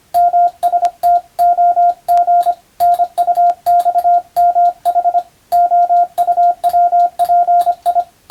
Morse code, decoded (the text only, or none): MSTOG NUXMH OUWPI